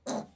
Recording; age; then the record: pig call; piglet (1 to 25 days)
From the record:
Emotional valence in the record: negative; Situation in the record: restrain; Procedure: back test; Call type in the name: low-frequency call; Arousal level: medium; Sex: male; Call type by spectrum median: low-frequency call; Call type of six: low-frequency stable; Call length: 0.35 s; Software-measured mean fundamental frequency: 64 Hz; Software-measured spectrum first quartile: 429 Hz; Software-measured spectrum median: 867 Hz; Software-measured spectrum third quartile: 4049 Hz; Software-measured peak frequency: 245 Hz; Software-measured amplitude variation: 209 dB a second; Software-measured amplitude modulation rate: 15.5 a second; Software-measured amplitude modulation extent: 13.5 dB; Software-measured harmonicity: 2.6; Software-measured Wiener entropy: -3.13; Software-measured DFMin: 1504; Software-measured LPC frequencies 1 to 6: 623, 4008, 5039, 6126, 7456, 9611 Hz